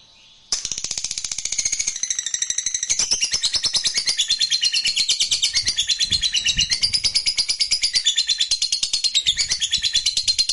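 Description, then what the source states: Lovebird singing a continuous rapid chatter of buzzy, scratchy high twitters that starts abruptly and keeps going without a break. Fighter-type lovebird singing energetically, described as gacor.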